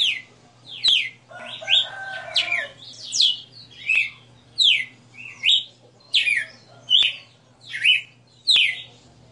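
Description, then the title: Red-cowled cardinal song: many loud, bright whistled notes, many sliding down in pitch, with a lower harmonic chatter early on and a steady faint hum. Female red-cowled cardinal singing live; song style called 60 notas (sixty notes). "Canto Galo Campina Fêmea 02. Galo de Campina 60 NOTAS Cantando Ao vivo"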